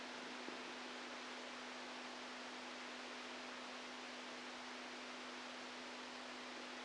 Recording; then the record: brain microelectrode recording played as sound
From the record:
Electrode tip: outside the subthalamic nucleus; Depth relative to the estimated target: 4 mm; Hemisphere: right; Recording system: NeuroSet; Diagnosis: Parkinson's disease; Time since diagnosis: 10 years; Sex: male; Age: 65 years